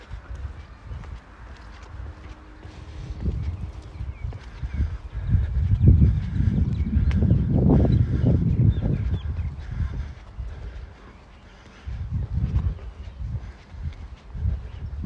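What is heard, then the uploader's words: Footsteps and movement while walking in Modiin, Israel, heard as a run of soft, uneven thumps and scuffs. The low rumble builds to its heaviest stretch between about 5 and 10 seconds, drops away, then returns briefly near 12 seconds, with faint scattered chirps above. City Park Sounds. Walking In Modiin, Israel.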